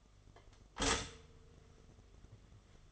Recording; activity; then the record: daily activity, microphone in the room; stop toaster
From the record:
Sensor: 4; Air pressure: 1015.5 hPa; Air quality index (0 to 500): 199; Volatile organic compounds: 10 ppm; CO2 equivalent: 2221 ppm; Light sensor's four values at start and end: 4/9/3/3 and 4/9/3/3